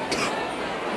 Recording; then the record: coughing mixed with background sound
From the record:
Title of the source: 31 night wet cough